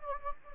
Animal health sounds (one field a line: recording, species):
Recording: mosquito wingbeat signal from an infrared sensor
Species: Anopheles gambiae